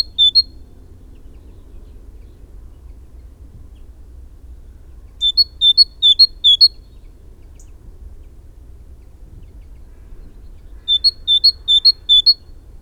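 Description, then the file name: Great tit delivering strophes of clear two-note whistled phrases, one cut short at the start and two more several seconds apart, with quiet low rumble in the gaps. "Parus major"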